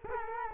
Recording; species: mosquito wingbeat signal from an infrared sensor; Culex quinquefasciatus